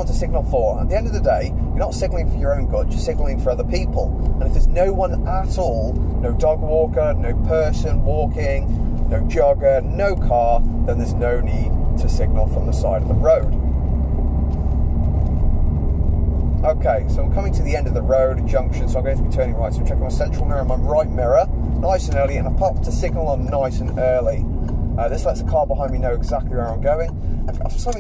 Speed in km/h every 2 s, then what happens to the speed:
29, 27, 29, 31, 29, 31, 34, 34, 32, 32, 32, 31, 26, 18.
0-22 steady at about 31. 22-28 slows to 18.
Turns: none.